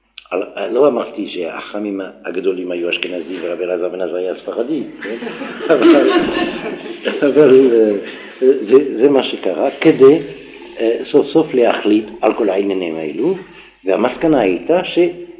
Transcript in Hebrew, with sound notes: לא אמרתי שהחכמים הגדולים היו אשכנזים ורבי אלעזר בן עזריה ספרדי, כן [צחוק], אבל זה מה שקרה, כדי סוף סוף להחליט על כל העניינים האלו. והמסקנה הייתה